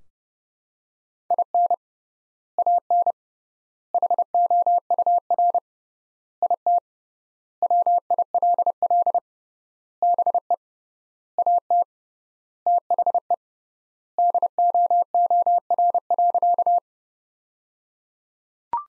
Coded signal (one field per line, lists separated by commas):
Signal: Morse code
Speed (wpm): 30 wpm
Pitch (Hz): 700 Hz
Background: none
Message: IN AN HOUR IT WILL BE AT THE DOOR.